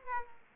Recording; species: mosquito wingbeat signal from an infrared sensor; Aedes aegypti